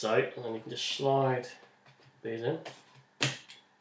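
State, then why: Seated. Someone talks while a detachable handheld game controller is slid onto its rail on the console or grip until it locks. A sharp click at 3.2 s, followed by a fainter tick, shows the controller sliding in and clicking home, fully seated.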